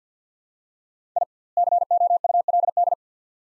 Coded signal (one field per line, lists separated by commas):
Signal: Morse code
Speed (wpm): 50 wpm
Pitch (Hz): 700 Hz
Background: none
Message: I COULD